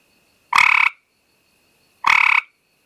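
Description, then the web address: Gray treefrog calling twice, each burst a brief rapid rattling trill, spaced roughly one and a half seconds apart against a thin constant tone. "Frog Hyla Versicolor"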